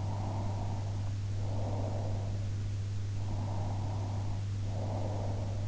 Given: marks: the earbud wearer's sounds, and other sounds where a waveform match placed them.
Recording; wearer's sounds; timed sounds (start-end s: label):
sounds in sleep by an in-ear microphone; breath
0.05-2.39 s: breath
3.35-5.65 s: breath